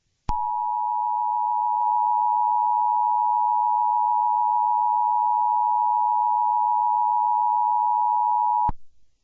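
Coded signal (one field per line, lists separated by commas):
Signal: Emergency Alert System (SAME) tones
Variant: 853 and 960 Hz attention tone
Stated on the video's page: Fictional EAS scenario about incoming nuclear attack, simulated.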